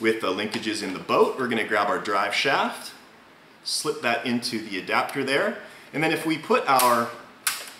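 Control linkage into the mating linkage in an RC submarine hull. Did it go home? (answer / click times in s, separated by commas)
yes / 7.5 s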